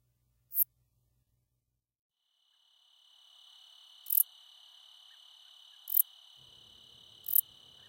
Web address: The Songs of Insects. Treetop Bush Katydid